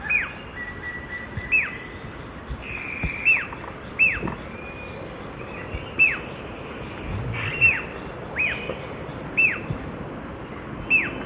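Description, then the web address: Yellow-billed jacamar calling with single high, thin notes that drop at the end, at irregular intervals, against a constant high-pitched insect hum. Recorded in the eastern lowlands of South America. "Natures Songs S America Eastern Lowlands. Yellow-billed Jacamar"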